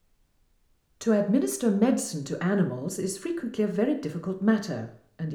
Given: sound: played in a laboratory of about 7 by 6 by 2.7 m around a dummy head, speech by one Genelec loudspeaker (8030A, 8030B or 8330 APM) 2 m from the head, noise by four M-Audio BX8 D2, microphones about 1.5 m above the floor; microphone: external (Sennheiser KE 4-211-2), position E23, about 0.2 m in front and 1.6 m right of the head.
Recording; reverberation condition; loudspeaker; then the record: female speech in English; medium; 60 degrees to the right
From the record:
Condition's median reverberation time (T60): about 510 ms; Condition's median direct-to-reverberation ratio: about -0.5 dB